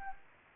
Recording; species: mosquito wingbeat signal from an infrared sensor; Anopheles gambiae